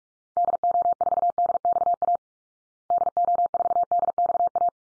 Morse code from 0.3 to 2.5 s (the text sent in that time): DO4DXA